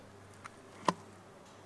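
An ignition coil boot on a 2009 Ford Fiesta 1.6 litre petrol engine is pushed down onto a spark plug in the cylinder head. A faint tick at 0.5 s is followed by a sharp, louder click at 0.9 s over a quiet background. The click confirms the coil has seated on the spark plug.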